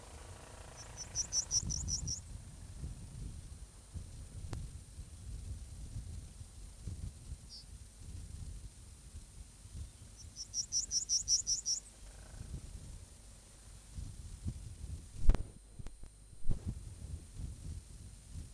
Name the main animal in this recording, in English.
Yellowhammer